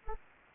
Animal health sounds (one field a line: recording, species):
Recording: mosquito wingbeat signal from an infrared sensor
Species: Anopheles gambiae